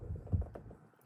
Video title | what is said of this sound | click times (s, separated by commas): Installing Seequnced Sequential 3rd Brake Tail Light Jeep Gladiator | click there you go just click you heard right so after you get that little clip on | 0.6 s